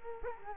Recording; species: mosquito wingbeat signal from an infrared sensor; Culex quinquefasciatus